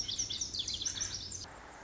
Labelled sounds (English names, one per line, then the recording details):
Lazuli Bunting
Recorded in Sonoma County, California